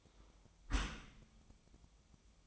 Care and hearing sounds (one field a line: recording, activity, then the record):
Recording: daily activity, microphone in the room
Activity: close dishwasher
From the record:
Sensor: 1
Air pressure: 1004.7 hPa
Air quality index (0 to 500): 120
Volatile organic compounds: 4 ppm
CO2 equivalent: 1667 ppm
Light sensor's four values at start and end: 9/21/8/9 and 9/21/8/9